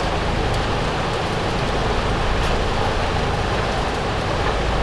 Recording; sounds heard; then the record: poultry house recording; no chicken sound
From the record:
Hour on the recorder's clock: 16